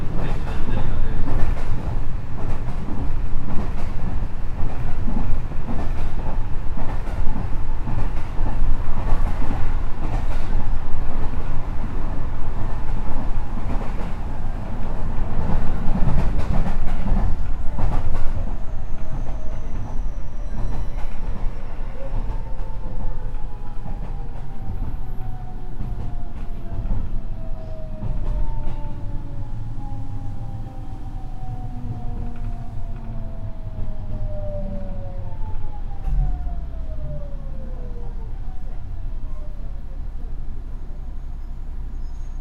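Running sound recorded aboard a JR West 207 series train on a Gakkentoshi Line rapid service. A dense, steady low rumble with clattering bursts fills the first half, then settles as gliding motor whines slide downward in pitch from about 20 seconds on.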